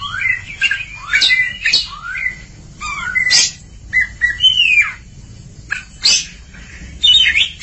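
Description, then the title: Oriental magpie-robin song: varied whistled phrases with rising and falling slurs, interspersed with sharp harsh notes, delivered in bursts separated by short pauses. Long-duration recording. "Kacer Durasi Panjang"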